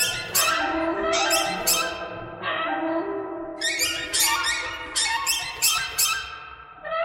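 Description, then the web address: Bird calls, harsh overlapping squawks with quick crackling high notes, in bursts throughout. "soundfactory birds birds thread buzz"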